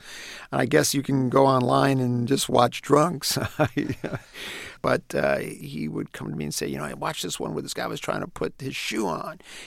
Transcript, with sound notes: And I guess you can go online and just watch drunks.
(LAUGHTER)
But he would come to me and say, you know, I watched this one where this guy was trying to put his shoe on